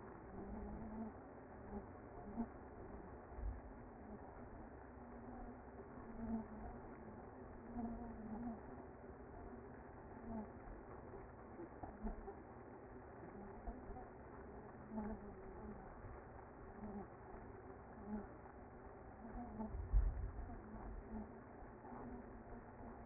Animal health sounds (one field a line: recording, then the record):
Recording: honeybee colony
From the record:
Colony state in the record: active